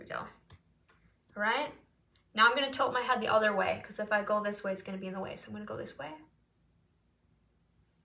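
A magnetic false eyelash is being handled near the magnetic eyeliner at the lash line while someone talks, with a faint short sound at about 0.5 s. Nothing has seated or clicked yet; the clip ends before the lash goes home.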